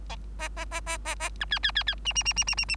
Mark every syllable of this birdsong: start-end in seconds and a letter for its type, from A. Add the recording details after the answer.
0.39-0.49 A, 0.56-0.65 A, 0.71-0.81 A, 0.86-0.98 A, 1.05-1.15 A, 1.20-1.30 A, 1.40-1.45 B, 1.50-1.59 C, 1.63-1.71 C, 1.75-1.83 C, 1.86-1.95 C, 2.05-2.13 D, 2.15-2.23 D, 2.25-2.33 D, 2.36-2.44 D, 2.47-2.55 D, 2.57-2.65 D, 2.68-2.76 D. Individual Bird3